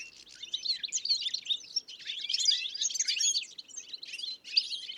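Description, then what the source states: European Goldfinch flock chatter: bursts of overlapping bright, tinkling twitters swelling and easing in waves, with brief quieter gaps between. Small roost of goldfinches; Plateau de Lesches-en-Diois, Drôme, 1000 m altitude; 30 January 2021; windless, sunny morning, sky clearing after days of rain; Nagra Seven with Telinga P7 parabolic reflector.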